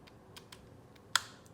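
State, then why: Seated. A Liger HTU-110 thermocoagulator probe, with its silicone cap removed, is pushed into its handle until it seats. A few faint ticks come first, then one sharp click at 1.2 s as the probe clicks home.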